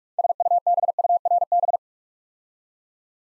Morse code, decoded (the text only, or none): SUBURB